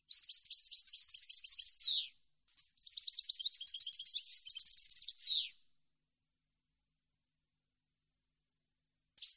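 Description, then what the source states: European goldfinch song: long, rapid runs of liquid twittering notes and trills, each phrase closing with a downward buzzy sweep, then silence before a last note. Clean goldfinch song on CD, for birds to copy as song training.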